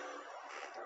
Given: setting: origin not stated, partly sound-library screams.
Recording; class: one-second piece from a danger detection set; woman in danger